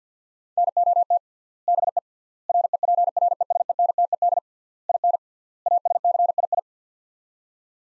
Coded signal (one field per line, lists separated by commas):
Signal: Morse code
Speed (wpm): 46 wpm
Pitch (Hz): 700 Hz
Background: none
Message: NOT BE REPRESENTED IN ASCII